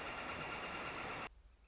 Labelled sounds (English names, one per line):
Northern Flicker